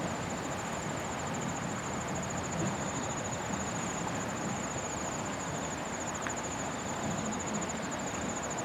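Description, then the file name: Kawarasuzu cricket trill, a thin high continuous buzz with slight pulsing, over rushing background noise with a few faint clicks. Recorded 28 September 2015, 17:34. "150928-173405 kawarasuzu"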